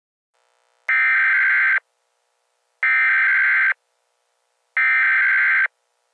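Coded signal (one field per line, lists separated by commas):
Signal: Emergency Alert System (SAME) tones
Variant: header bursts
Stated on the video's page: Fictional EAS scenario.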